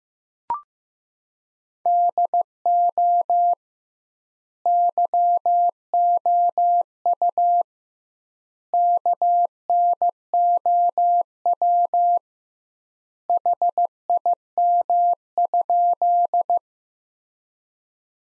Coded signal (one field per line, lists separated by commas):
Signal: Morse code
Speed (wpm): 15 wpm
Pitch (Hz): 700 Hz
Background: none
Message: DO YOU KNOW HIM?